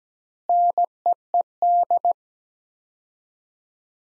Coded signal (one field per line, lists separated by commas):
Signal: Morse code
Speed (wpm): 17 wpm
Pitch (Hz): 700 Hz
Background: none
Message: NEED